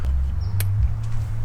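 A trickle charger clamp is hooked up to a BMW's battery before ECU tuning, as a precaution so that a dying battery doesn't fry the ECU during the tune. Over a low steady rumble, a faint tick comes at 0.1 s, then a single sharp click at 0.6 s, which may be the clamp seating on the terminal or the charger engaging. The hookup is confirmed as seated.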